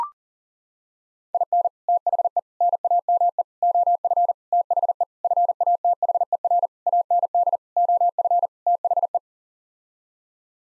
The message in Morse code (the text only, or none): IN THE NAME OF THE FATHER AND OF THE